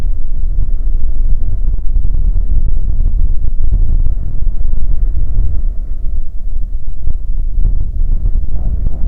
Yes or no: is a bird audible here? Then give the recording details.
no. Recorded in the Prudhoe Bay oil fields, Alaska, on 15 May 2019 at 00:02. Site 19